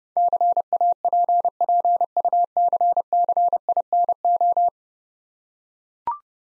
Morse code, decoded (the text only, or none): CAPPUCCINO